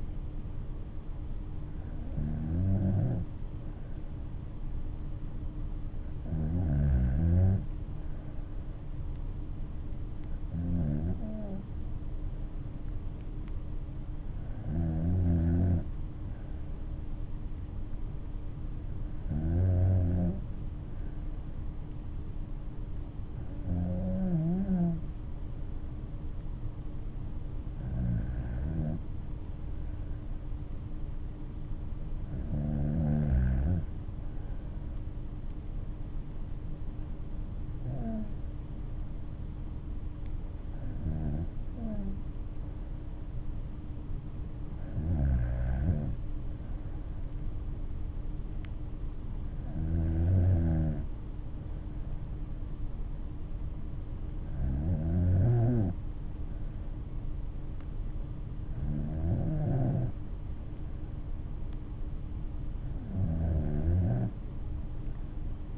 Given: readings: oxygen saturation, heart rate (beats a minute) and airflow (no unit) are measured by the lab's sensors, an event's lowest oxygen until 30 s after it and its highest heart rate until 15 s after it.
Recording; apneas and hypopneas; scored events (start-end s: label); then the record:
breathing in sleep by a smartphone at the bedside; none
46.00-65.77 s: new sleep stage, N2 (light sleep)
From the record:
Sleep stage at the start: N3 (deep sleep); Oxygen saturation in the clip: 95 to 96%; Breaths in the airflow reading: 15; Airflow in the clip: -6.1 to 5.7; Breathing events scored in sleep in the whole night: 228 in 5.4 hours asleep